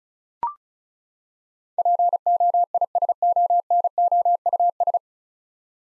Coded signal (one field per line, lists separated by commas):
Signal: Morse code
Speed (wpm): 36 wpm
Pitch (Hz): 700 Hz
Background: none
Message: POISONOUS